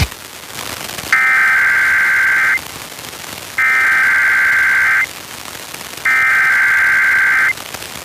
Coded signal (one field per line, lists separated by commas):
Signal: Emergency Alert System (SAME) tones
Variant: header bursts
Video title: PA CIV RWT (plus some other RWT relay) on WQCK (3/1/22)(EAS 1118-1119)